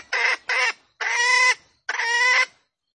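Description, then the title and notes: Junglefowl hen squawking: two short harsh notes, then two longer, drawn-out squawks with pauses between. Female junglefowl calls used as a lure recording to attract junglefowl. "Pancingan Ayam Hutan Betina. Suara Ayam Hutan Betina. Pemikat Ayam Hutan"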